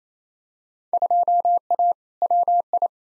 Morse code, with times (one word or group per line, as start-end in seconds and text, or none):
0.9-1.9 2A
2.2-2.9 WI